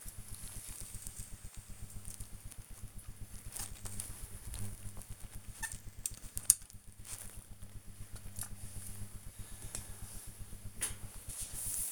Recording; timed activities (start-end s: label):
household activities, microphone on the right wrist
9.14-11.92 s: dusting model cars